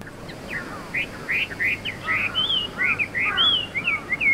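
Chinese hwamei song, a fast, jumbled string of loud whistled and slurred notes, roughly three per second, with a steady low hum beneath.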